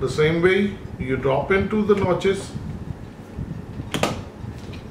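A second DDR4 memory stick is lined up with the notches of a motherboard DIMM slot and pressed down. Someone talks during the first half of the clip. Sharp snaps at 3.9 s and 4.0 s mark the slot latches locking the stick in place, fully seated.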